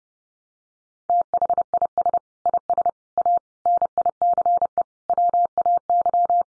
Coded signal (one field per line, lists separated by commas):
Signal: Morse code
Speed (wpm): 30 wpm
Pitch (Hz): 700 Hz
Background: none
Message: THIS IS A NICE WAY